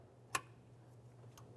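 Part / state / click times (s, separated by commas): fuel line quick-connect coupling onto the engine fuel rail / seated / 0.3 s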